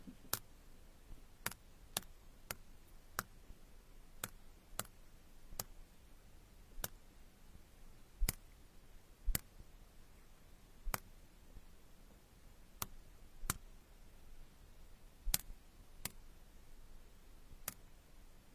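Ear picking: sharp, dry clicks and ticks land at irregular intervals, roughly one every second, some louder and crisper than others. Between them sits a faint, low, steady hush.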